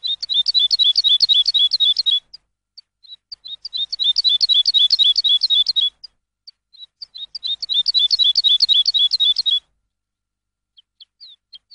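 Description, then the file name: Lark song: rapid high twittering phrases in bursts of about two seconds, separated by short pauses with scattered single chirps, repeated three times. Master recording used for training songbirds. "suara masteran lark"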